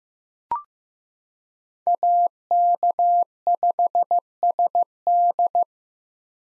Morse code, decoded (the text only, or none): AK5SD